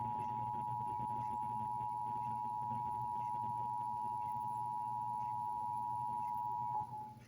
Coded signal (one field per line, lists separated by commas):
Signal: Emergency Alert System (SAME) tones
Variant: 853 and 960 Hz attention tone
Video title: Emergency Alert System has issued a Test but this is only a test🙂🙂🙂